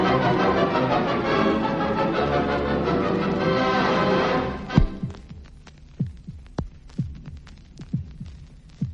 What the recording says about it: You're listening to the sound of a heart beating. It's a sound that hospital staff hear every day of their working life.